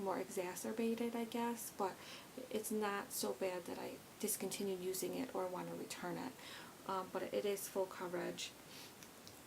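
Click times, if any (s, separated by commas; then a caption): 9.3 s. A plastic cap is pressed onto a Tarte Shape Tape foundation tube while someone talks. The cap snaps closed with a short tick at 9.3 seconds, and it is seated.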